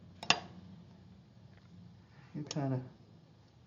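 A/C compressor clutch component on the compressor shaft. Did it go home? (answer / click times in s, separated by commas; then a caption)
yes / 0.3 s. A metal A/C clutch component is pushed onto the compressor shaft of a 2005 Chevy Avalanche (GMT800 truck). A faint tick at 0.2 s leads into a loud, sharp click at 0.3 s as it seats into place. Then someone talks.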